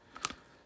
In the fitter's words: enough it kind of locks in place